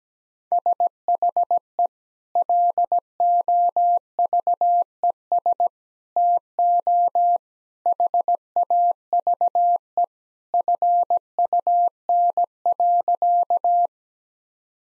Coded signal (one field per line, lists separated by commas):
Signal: Morse code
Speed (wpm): 17 wpm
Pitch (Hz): 700 Hz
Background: none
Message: SHE LOVES TO HAVE FUN.